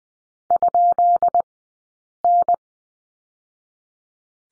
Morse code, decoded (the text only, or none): ?N